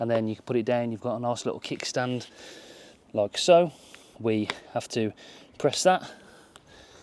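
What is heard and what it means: Someone talks while handling an RCB R19 electric scooter, putting it down on its kickstand and about to press the release so the folding stem's hook engages the spring-loaded metal/plastic latch. A brief sharp sound comes at about 6.6 s. The clip ends before the stem latch clicks into place, and nothing has seated yet.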